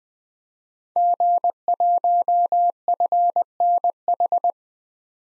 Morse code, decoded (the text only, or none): G1FNH